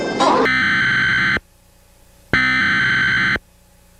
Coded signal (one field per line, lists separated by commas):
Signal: Emergency Alert System (SAME) tones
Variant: header bursts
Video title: perfect timing eas alerts (mock edition)